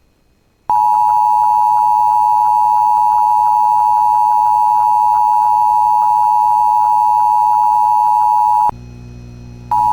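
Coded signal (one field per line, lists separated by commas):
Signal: Emergency Alert System (SAME) tones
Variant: 853 and 960 Hz attention tone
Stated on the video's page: Severe thunderstorm warning EAS alert from the National Weather Service for St. Louis County, Minnesota, received via IP stream of a station.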